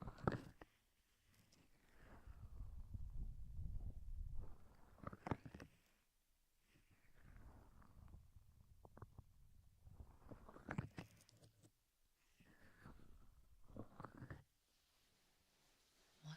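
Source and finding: Abdomen, close microphone. Bowel sounds (stomach growling).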